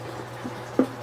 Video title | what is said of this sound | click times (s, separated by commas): XCoser Loki Helmet Cosplay Review | it's pretty self-explanatory they kind of click right in kind | 0.8 s